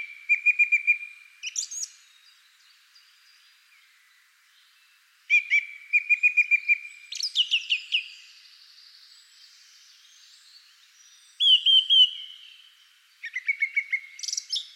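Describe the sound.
Bird calls: bursts of rapid, evenly spaced high piping notes, repeated in several bouts with short pauses, mixed with sharp chips and brief trills.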